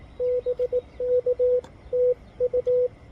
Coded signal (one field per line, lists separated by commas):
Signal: Morse code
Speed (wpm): 20 wpm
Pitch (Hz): 500 Hz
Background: radio noise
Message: BK TU